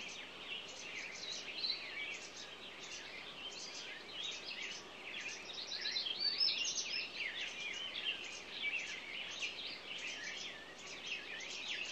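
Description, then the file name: Songbird chorus of dense overlapping high twitters and chirps, continuous and busy, swelling slightly midway, over faint background noise. Morning songbirds. "Echoes Of Nature-Morning Songbirds"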